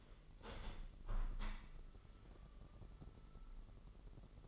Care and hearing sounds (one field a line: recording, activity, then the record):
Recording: daily activity, microphone in the room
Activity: open window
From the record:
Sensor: 4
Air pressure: 999.3 hPa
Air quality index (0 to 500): 110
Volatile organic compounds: 2 ppm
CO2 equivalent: 1092 ppm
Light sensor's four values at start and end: 14/33/13/15 and 14/33/13/15